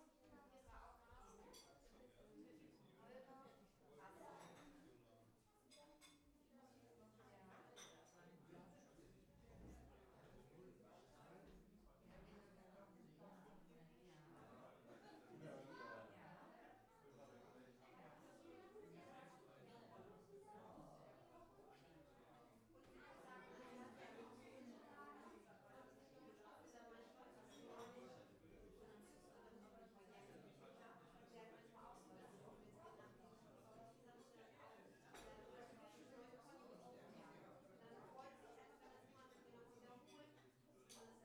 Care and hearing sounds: everyday scene through a hearing-aid microphone; many people talking; many voices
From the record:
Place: parish hall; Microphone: behind the ear, right, rear

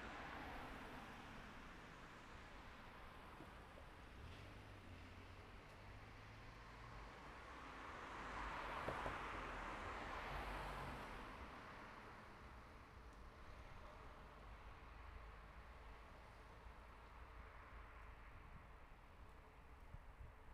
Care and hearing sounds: everyday scene through a hearing-aid microphone; in traffic; traffic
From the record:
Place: city secondary road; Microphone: behind the ear, right, rear

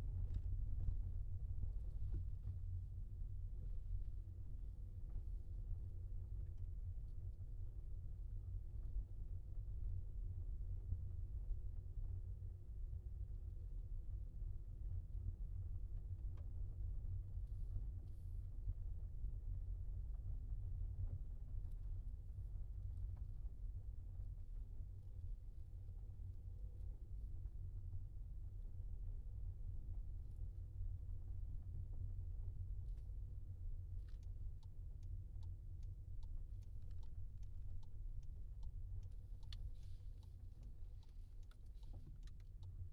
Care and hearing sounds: everyday scene through a hearing-aid microphone; in a vehicle; engine, rumble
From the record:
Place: Skoda Fabia, gasoline engine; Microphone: in the ear canal, left

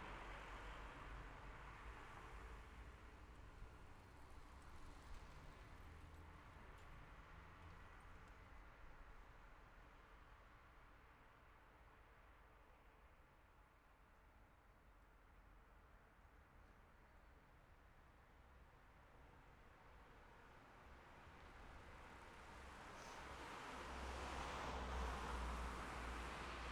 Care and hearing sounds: everyday scene through a hearing-aid microphone; in traffic; traffic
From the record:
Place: city secondary road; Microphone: behind the ear, left, rear

